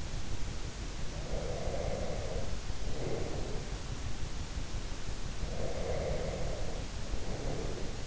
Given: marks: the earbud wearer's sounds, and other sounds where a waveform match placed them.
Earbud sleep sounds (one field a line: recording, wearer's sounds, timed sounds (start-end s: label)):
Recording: sounds in sleep by an in-ear microphone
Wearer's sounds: breath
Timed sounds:
1.18-3.81 s: breath
5.41-8.07 s: breath